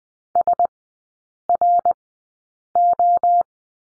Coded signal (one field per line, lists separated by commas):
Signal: Morse code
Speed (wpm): 20 wpm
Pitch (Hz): 700 Hz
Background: none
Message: SRO